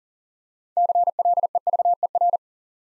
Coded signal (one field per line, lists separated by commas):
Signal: Morse code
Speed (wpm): 41 wpm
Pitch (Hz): 700 Hz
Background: none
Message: CLEVER